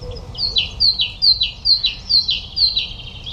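Great tit singing a steady run of high two-note phrases, a sharp note dropping to a lower one, repeated about twice per second throughout, over a faint low background hum.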